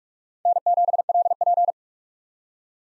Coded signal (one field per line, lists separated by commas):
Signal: Morse code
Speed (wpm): 47 wpm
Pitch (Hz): 700 Hz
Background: none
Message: N7LP